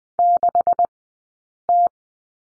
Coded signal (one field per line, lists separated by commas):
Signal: Morse code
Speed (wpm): 20 wpm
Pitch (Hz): 700 Hz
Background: none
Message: 6T